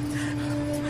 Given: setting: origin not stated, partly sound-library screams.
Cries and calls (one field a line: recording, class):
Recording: one-second piece from a danger detection set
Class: normal situation